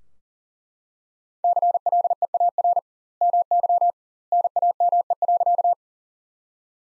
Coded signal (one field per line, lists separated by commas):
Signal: Morse code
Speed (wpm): 40 wpm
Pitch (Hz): 700 Hz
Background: none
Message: CLEAR MY NAME.